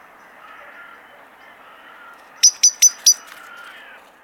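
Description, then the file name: Common blackbird calls: a quick run of four sharp, high clicking notes after a quiet stretch. "Turdus merula"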